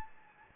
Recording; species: mosquito wingbeat signal from an infrared sensor; Anopheles gambiae